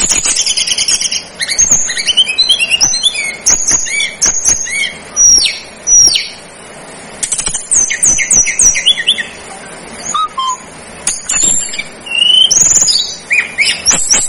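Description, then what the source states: Tledekan gunung song: high thin whistles and quick chattering phrases with scattered clicks, over constant background hiss. Master recording used for training cage birds; Indonesian local names Tledekan gunung and Sikatan gunung.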